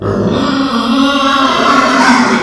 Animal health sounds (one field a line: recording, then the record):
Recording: squeal of a Yucatan mini pig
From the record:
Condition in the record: after surgery on the right vocal fold (resection and tissue-engineered implant)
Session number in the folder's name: 16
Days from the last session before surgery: 183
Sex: female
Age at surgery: 19 weeks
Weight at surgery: 25 kg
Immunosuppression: prednisolone